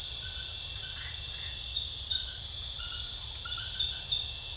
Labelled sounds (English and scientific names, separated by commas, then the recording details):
none
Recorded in secondary vegetation near Puerto Asís, Putumayo, Colombia, on 22 June 2025 at 19:30
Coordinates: 0.498, -76.327
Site GP09